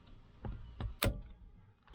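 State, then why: Seated. A new plastic Toyota wiper switch assembly, one with intermittent and mist settings, is slid into its slot on the steering column housing. Two softer knocks at about 0.5 s and 0.8 s lead to a sharp, loud click at 1.0 s. The switch clicks and locks in place.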